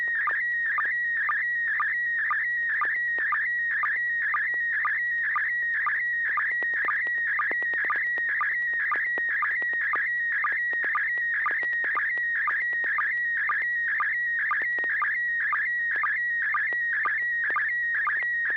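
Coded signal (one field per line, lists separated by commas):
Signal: SSTV (slow-scan television)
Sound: warbling, chirpy tone with a steady rhythmic tick about twice per second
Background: low steady hum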